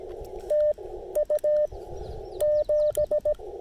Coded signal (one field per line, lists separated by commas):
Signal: Morse code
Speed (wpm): 17 wpm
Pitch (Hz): 600 Hz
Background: none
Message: TU 7